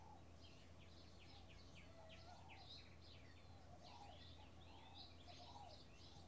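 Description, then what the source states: Birds chirping and twittering in a busy chorus of quick, high notes, with a few lower warbles beneath and a constant low hum. Bird ambience in a field in the early morning with a slight breeze.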